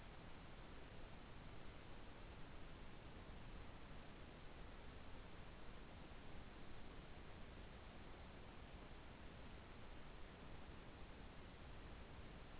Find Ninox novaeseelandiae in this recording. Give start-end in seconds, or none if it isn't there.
none